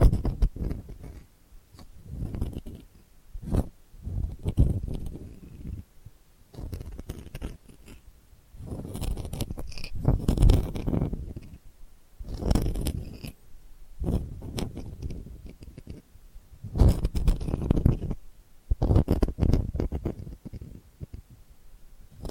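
Delicate scratching comes in short, uneven bursts, mostly low and soft with occasional brighter rasping edges. The strokes arrive every second or so with brief quiet gaps between them, and several longer, fuller rubs land around ten to thirteen seconds and again near seventeen to nineteen.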